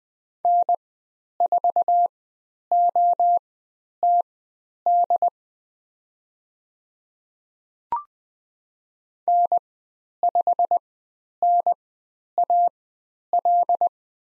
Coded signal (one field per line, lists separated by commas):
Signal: Morse code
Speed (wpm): 20 wpm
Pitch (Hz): 700 Hz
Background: none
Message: N4OTD N5NAL